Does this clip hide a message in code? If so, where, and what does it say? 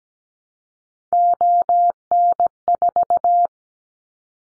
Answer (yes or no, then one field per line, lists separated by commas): yes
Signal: Morse code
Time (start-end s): 1.1-3.5 s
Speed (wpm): 17 wpm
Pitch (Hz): 700 Hz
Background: none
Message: ON4